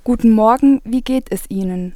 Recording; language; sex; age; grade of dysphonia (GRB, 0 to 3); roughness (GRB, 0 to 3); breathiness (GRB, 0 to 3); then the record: spoken sentence; German; female; 20 to 29 years; 1; 0; 1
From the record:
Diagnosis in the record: recurrent laryngeal nerve paralysis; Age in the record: 27 years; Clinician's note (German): Keine Symptomatik mehr, unauffälliges stroboskopisches Bild